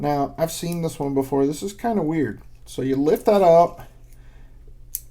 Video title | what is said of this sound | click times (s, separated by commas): WHICH KNIVES SHOULD I KEEP AND WHICH SHOULD I SCRAP? 🔥⚔️ | the little pin blade comes out and then that snaps back in there is kind of a lock | 4.9 s